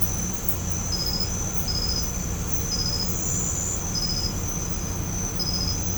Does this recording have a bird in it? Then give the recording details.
no. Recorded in pastures near Puerto Asís, Putumayo, Colombia, on 16 December 2024 at 03:30. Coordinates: 0.505, -76.324. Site G063